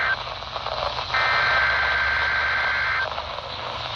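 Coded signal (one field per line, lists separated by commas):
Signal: Emergency Alert System (SAME) tones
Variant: header bursts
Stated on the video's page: Required Weekly Test from a NOAA Weather Radio transmitter in Killian, SC on 162.400 MHz, received about 82 miles away in Charlotte.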